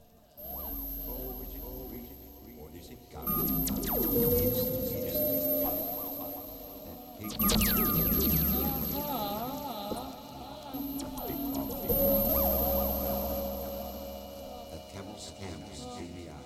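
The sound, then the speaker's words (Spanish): Early electronic music from between the late 1950s and mid-1960s, with swooping, warbling synthetic tones and sliding pitches over a low droning hum, and abrupt new bursts of bright, dense sound breaking in every few seconds. “Bueno, ahora estamos escuchando su parte electrónica, digamos.”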